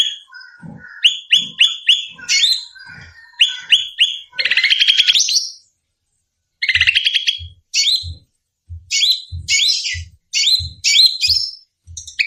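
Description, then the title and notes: Bird calls, loud rapid chirps and buzzy trills in quick bursts, some rising and falling, with soft low thumps beneath many of the notes. Bird lure calls used to attract stubborn birds that are hard to approach. "Suara Burung Bandel Yang Susah Mendekati. Kompilasi Suara Pikat Burung"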